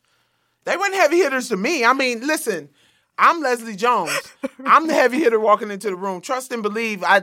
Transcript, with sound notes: They weren't heavy hitters to me. I mean, listen, I'm Leslie Jones.
(Laughter).
I'm the heavy hitter walking into the room, trust and believe.